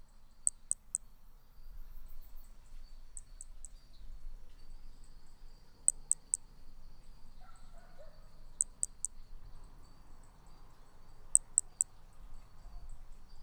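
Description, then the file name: Hermogenes's flea-toad calling: very high, short clicking notes in tight triplets, each triplet repeated every few seconds over a low rumbling background. Individual 03, Picinguaba, 13 December 2017. "B hermogenesi Picinguaba ind 03 ex 03 sem detalhes 13 dez 2017 MRB"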